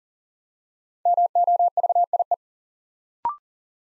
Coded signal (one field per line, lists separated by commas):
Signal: Morse code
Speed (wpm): 40 wpm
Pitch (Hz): 700 Hz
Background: none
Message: MOVIE